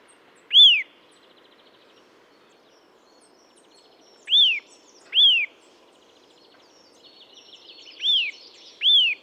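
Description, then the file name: Eurasian nuthatch calling with five clear arched whistles at irregular intervals, two pairs close together, over soft background twitters. "Sitta europaea"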